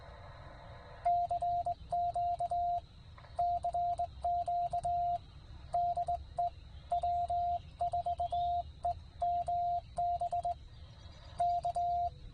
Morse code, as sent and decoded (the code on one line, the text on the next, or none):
-.-. --.- / -.-. --.- / -.. . / .-- ....- . -- -... / -.-
CQ CQ DE W4EMB K